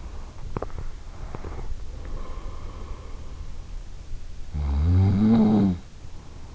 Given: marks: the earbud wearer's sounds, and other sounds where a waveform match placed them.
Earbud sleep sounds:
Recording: sounds in sleep by an in-ear microphone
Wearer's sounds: teeth grinding, snoring breath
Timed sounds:
0.10-1.32 s: teeth grinding
3.71-6.55 s: snoring breath

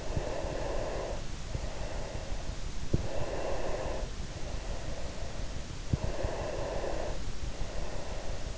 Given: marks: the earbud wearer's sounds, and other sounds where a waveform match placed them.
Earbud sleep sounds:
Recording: sounds in sleep by an in-ear microphone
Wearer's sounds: breath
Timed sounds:
0.35-2.30 s: breath
3.21-5.68 s: breath
6.12-8.58 s: breath

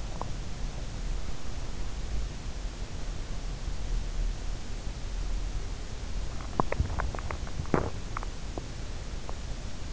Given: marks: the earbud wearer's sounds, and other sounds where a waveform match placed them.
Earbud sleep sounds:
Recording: sounds in sleep by an in-ear microphone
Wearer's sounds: swallowing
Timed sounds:
0.00-1.03 s: swallowing
6.40-8.86 s: swallowing

